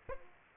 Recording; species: mosquito wingbeat signal from an infrared sensor; Aedes aegypti